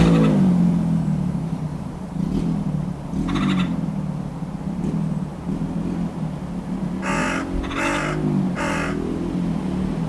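Hooded crow caws, three loud harsh calls close together near the end, with fainter caws earlier, over a steady low traffic rumble.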